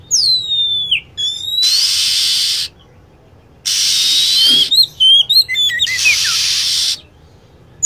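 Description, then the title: Lovebird calls of thin falling whistles and short choppy chirps, alternating with long blocks of even hiss. Lure recording used to attract lovebirds. "PIKAT BURUNG LOVEBIRD"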